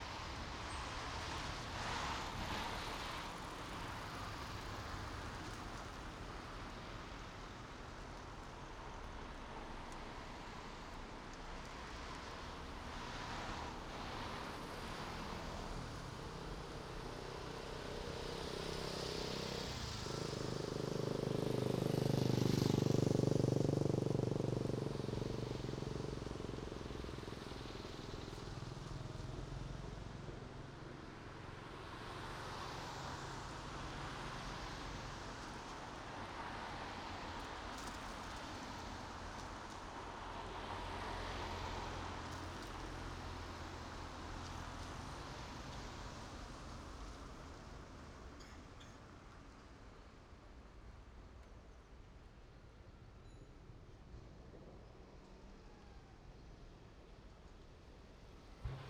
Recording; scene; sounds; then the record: everyday scene through a hearing-aid microphone; in traffic; traffic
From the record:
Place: main road on the outskirts, rush hour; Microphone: in the ear canal, right